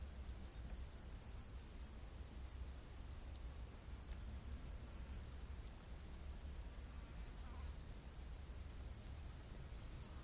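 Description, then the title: Crickets giving quick, evenly spaced high chirps, layered over a continuous fine trill and a quiet low rumble. Crickets calling in a humid rainforest at night. "Crickets of the Rainforest"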